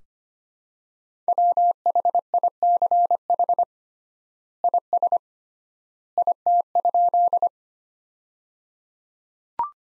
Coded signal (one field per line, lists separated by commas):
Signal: Morse code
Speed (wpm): 25 wpm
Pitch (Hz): 700 Hz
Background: none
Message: WHICH IS IT?